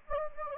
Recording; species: mosquito wingbeat signal from an infrared sensor; Anopheles gambiae